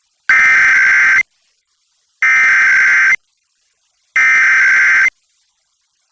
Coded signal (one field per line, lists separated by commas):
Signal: Emergency Alert System (SAME) tones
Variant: header bursts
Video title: Emergency Alert System Roundup 3/3/2021